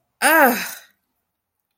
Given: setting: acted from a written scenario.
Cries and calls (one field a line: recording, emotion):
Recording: vocal sound without words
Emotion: disgust